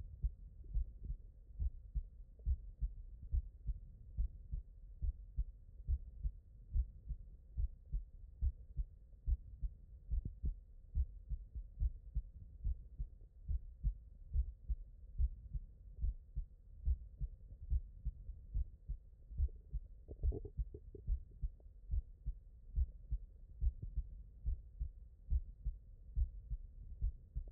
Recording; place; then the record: heart sounds by stethoscope; tricuspid valve (TV)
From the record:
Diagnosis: non-HFrEF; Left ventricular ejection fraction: 65%